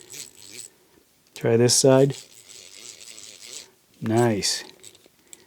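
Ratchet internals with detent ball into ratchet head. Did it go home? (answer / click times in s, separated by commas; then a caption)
yes / 5.3 s. The internal gear and pawl of a Snap-on TF36 ratchet are pushed back into its steel head while the steel detent ball and spring are held compressed with a homemade wire tool. Someone talks over light scraping and handling, and a sharp metallic tick at 5.3 s marks the mechanism dropping into the housing and seating.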